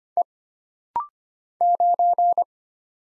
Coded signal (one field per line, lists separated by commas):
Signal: Morse code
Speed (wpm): 25 wpm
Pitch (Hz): 700 Hz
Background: none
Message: E 9